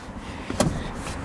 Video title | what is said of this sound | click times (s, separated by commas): At Least It Still Has A V6! (2025 Honda Passport) | and then with the seat locks into place, | 0.6 s